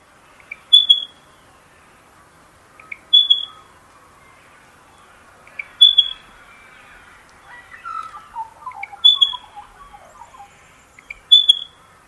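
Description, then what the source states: Spotted Pardalote breeding call: short, high piping notes repeated every few seconds, with a lower warbling bird call in the middle. Continuous breeding call, nicknamed headache bird; common in urban areas; recording by Ian Voxfold in Macedon Ranges Shire, Victoria, on Jarjawarung, Tungurung and Wurundjeri country.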